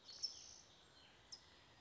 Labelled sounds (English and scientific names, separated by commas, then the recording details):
California Towhee (Melozone crissalis)
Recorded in Sonoma County, California